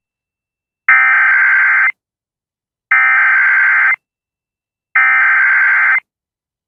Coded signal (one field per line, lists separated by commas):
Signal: Emergency Alert System (SAME) tones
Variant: header bursts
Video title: TX TOR-C EAS #729 (Tropical Storm Beryl)